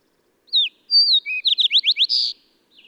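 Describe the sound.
Songbird phrase: a short downslurred whistle, a long high note, a low whistle, then rapid rising slurs and a buzzy finish, followed by a faint final note.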